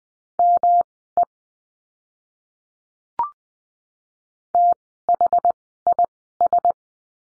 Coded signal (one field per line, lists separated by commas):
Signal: Morse code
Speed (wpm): 20 wpm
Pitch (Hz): 700 Hz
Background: none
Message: ME THIS